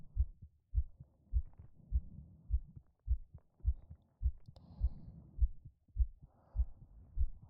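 Steady, regular heart thumps at about 103 beats a minute: an ordinary, calm adult heartbeat heard close up.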